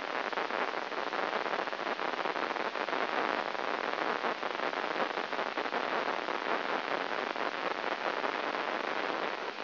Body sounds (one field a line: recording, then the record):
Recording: brain microelectrode recording played as sound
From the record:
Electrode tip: inside the subthalamic nucleus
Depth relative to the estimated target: 1 mm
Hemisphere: left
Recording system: AlphaMap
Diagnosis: Parkinson's disease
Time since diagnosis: 12 years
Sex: male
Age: 57 years